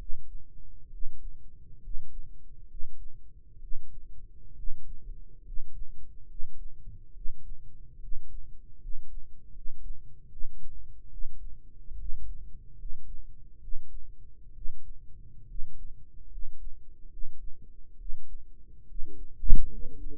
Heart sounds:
heart sounds by microphone in the right ear; 70 bpm
0.87 s: heartbeat
1.77 s: heartbeat
2.64 s: heartbeat
3.56 s: heartbeat
4.52 s: heartbeat
5.40 s: heartbeat
6.23 s: heartbeat
7.10 s: heartbeat
7.96 s: heartbeat
8.76 s: heartbeat
9.49 s: heartbeat
10.25 s: heartbeat
11.06 s: heartbeat
11.94 s: heartbeat
12.73 s: heartbeat
13.57 s: heartbeat
14.50 s: heartbeat
15.43 s: heartbeat
16.25 s: heartbeat
17.06 s: heartbeat
17.94 s: heartbeat
18.83 s: heartbeat
19.65 s: heartbeat
From the record:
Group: healthy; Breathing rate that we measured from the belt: 17 breaths a minute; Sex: male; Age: 22 years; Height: 185 cm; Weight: 112.4 kg

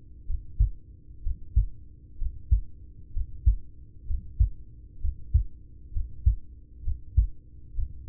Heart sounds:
heart sounds by stethoscope; 64 bpm
0.23 s: heartbeat
1.19 s: heartbeat
2.15 s: heartbeat
3.09 s: heartbeat
4.03 s: heartbeat
4.97 s: heartbeat
5.89 s: heartbeat
6.80 s: heartbeat
7.71 s: heartbeat
From the record:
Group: heart failure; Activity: breath hold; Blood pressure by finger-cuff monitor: 78/48 mmHg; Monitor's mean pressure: 57 mmHg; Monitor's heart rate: 63 bpm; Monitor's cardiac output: 5 L/min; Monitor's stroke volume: 81 mL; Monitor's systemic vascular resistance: 790 dyn s/cm5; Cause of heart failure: ischemic heart disease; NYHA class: 1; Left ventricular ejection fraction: 33%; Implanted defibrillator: present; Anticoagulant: apixaban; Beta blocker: carvedilol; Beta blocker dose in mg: 18.75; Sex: male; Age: 39 years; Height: 168 cm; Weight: 72 kg

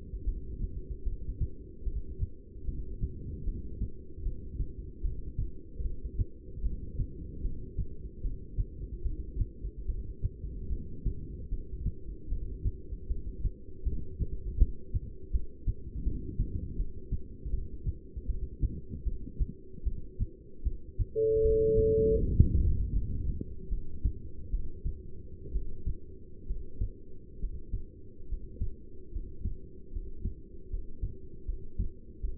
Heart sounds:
heart sounds by stethoscope; 75 bpm
0.26 s: heartbeat
1.05 s: heartbeat
1.85 s: heartbeat
2.66 s: heartbeat
3.46 s: heartbeat
4.24 s: heartbeat
5.03 s: heartbeat
5.83 s: heartbeat
6.64 s: heartbeat
7.43 s: heartbeat
8.23 s: heartbeat
9.04 s: heartbeat
9.87 s: heartbeat
10.70 s: heartbeat
11.51 s: heartbeat
12.30 s: heartbeat
13.09 s: heartbeat
13.85 s: heartbeat
14.59 s: heartbeat
15.32 s: heartbeat
16.05 s: heartbeat
16.78 s: heartbeat
17.52 s: heartbeat
18.28 s: heartbeat
19.05 s: heartbeat
19.85 s: heartbeat
20.64 s: heartbeat
21.43 s: heartbeat
22.20 s: heartbeat
22.95 s: heartbeat
23.70 s: heartbeat
24.52 s: heartbeat
25.53 s: heartbeat
26.48 s: heartbeat
27.41 s: heartbeat
28.29 s: heartbeat
29.13 s: heartbeat
29.93 s: heartbeat
30.71 s: heartbeat
31.46 s: heartbeat
32.21 s: heartbeat
From the record:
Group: heart failure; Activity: rest 0-20 s, breath hold 20-32 s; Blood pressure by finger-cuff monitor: 168/111 mmHg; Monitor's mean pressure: 132 mmHg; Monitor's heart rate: 76 bpm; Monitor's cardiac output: 7.7 L/min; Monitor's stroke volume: 101 mL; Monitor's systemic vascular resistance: 1300 dyn s/cm5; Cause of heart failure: non-ischemic cardiomyopathy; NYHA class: 1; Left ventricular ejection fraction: 62%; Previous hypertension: present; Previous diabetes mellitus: present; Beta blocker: bisoprolol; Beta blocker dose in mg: 10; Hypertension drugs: sacubitril-valsartan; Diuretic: furosemide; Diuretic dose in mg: 20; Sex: male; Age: 49 years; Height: 167 cm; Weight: 110 kg

